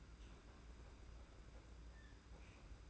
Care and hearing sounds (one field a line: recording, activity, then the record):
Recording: daily activity, microphone in the room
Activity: open fridge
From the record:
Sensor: 2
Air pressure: 991.7 hPa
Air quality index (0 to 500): 221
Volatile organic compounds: 1000 ppm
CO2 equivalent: 7378 ppm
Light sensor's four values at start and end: 25/80/31/29 and 25/80/31/29